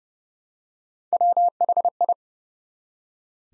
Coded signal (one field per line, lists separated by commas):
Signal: Morse code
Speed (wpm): 30 wpm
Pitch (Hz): 700 Hz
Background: none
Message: WHI